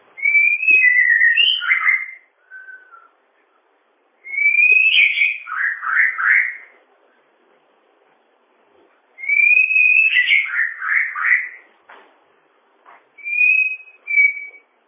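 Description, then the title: Bird song: loud bursts of whistled, warbling phrases recur about every four to five seconds, with short softer whistles in the gaps. "kikicau"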